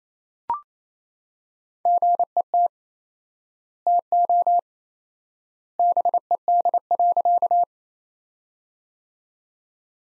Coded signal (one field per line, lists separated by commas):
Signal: Morse code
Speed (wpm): 28 wpm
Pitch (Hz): 700 Hz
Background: none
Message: GET TO BED.